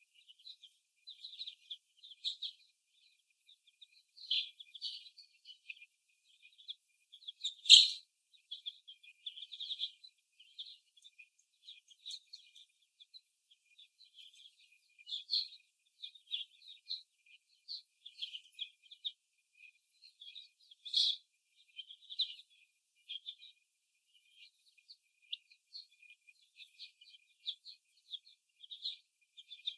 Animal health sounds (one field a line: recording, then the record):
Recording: young laying hens in a cage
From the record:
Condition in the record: before the stressor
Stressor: simulated dog barking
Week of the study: 1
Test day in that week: 1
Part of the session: 2